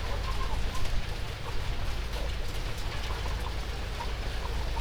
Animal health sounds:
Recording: poultry house recording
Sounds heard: healthy chickens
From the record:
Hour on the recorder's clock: 16

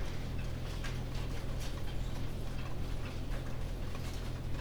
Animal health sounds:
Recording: poultry house recording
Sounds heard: no chicken sound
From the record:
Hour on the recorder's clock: 19

